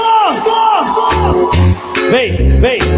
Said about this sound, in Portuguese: Quem é do Flamengo dá um grito. Dá pra ser mais alto.